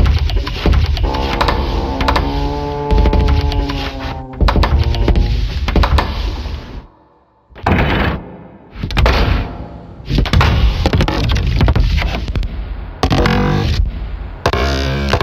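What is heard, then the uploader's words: An old door creaks and squelches as it is worked back and forth, with drawn-out groaning creaks that waver in pitch early on. Later come shorter scraping bursts and knocks, separated by a brief near-silent pause around seven seconds. All the song is made with just the sounds of the creaky and squelching old door of my studio.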